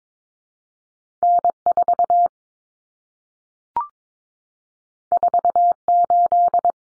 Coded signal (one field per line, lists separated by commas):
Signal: Morse code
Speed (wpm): 22 wpm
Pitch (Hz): 700 Hz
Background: none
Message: N4 48